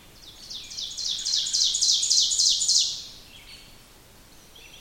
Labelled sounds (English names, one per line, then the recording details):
Ovenbird song
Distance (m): 15 m
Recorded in boreal forest in Alberta, Canada, on 5 June 2016 at 06:22
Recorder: SongMeter 3, array SBT-3-51
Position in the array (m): 245 m, 132 m
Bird 28